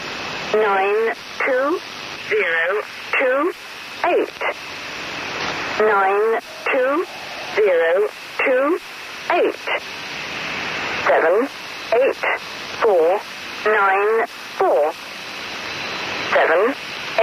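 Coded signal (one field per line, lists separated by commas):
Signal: numbers station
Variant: Lincolnshire Poacher (E3)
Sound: a synthetic voice reads short words one by one at a steady pace, over hiss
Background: radio static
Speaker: Estos números que escucháis corresponden a una emisión original de la estación de números más potente que se conoce. Se llamaba Lincoln Sign Poacher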